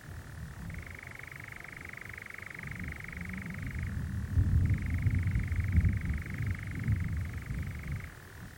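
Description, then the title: European Nightjar giving a continuous rattling churr that alternates between two pitches, accompanied by a low rumbling background that rises through the middle. Nocturnal bird churring on a warm June summer evening, on a hill in the Brecon Beacons, amid honeysuckle and foxgloves. "Sound Escape 20: the mesmerising churring of a nightjar on a summer's night"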